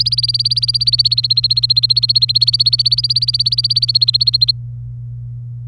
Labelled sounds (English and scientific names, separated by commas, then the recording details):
Domestic Canary (Serinus canaria) song
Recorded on 27 April 2018 at 08:02
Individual llb3